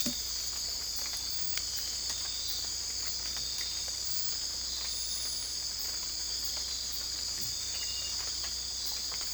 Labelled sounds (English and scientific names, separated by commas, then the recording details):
none
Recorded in dense forest near Puerto Asís, Putumayo, Colombia, on 20 December 2024 at 02:30
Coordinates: 0.485, -76.318
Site GP03